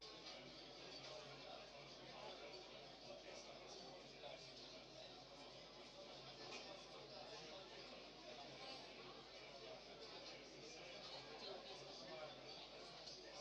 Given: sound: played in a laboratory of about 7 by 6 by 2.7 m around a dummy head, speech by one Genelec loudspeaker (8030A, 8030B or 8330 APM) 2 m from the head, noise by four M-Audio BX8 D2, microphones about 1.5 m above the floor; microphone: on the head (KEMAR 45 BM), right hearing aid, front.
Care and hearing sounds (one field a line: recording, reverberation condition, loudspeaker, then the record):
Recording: cafeteria noise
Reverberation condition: low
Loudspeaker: four, about 170 cm from the corners of the room and facing them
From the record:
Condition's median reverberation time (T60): about 310 ms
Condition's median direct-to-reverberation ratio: about 3.5 dB